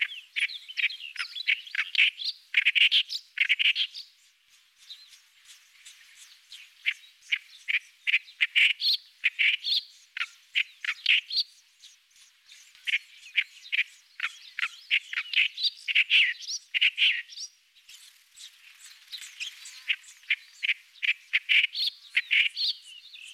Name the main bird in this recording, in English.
Clamorous Reed Warbler